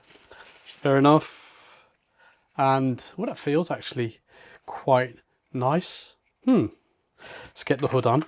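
A person handles a plastic lens hood for a Meike 33mm f/1.4 XF Fujifilm X Mount camera lens, about to twist it onto the lens's front bayonet, while someone talks throughout. The hood has not seated or clicked into place yet.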